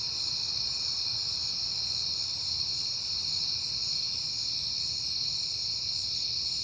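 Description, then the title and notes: Crickets trill continuously in a bright high chorus, evenly loud and unbroken, over a quiet low-pitched hum. Recorded at night in September, on a peaceful night. "Night Time: Crickets and Passing Cars. It is September and I have been hearing the crickets a lot, but finally had a peaceful night to make the recording"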